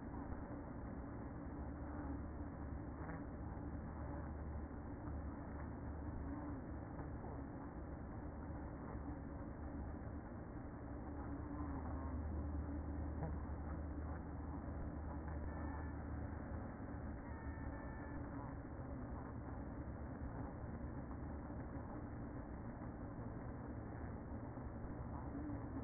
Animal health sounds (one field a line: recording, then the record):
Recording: honeybee colony, microphone inside the hive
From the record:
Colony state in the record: queen present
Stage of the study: after two queens were removed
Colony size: about 60,000 bees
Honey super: yes